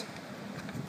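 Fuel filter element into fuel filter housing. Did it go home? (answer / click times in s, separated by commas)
no / none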